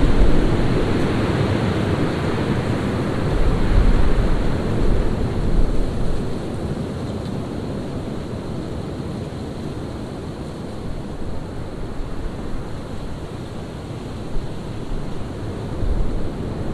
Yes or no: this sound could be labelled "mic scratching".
no